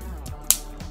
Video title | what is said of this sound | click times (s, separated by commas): How To Build Lego Beyblade Launchers - Breakdown and Tutorial | that's a nice click then we let go | 0.5 s